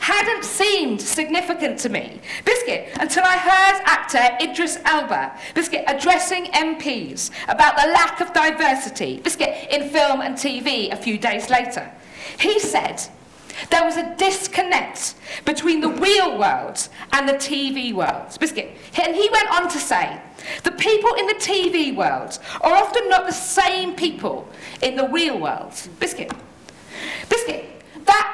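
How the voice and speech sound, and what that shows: An adult woman speaks fluently while repeatedly blurting the word 'biscuit', about seven times. These are involuntary vocal tics of Tourette syndrome, a neurological condition that causes movements and noises she can't control.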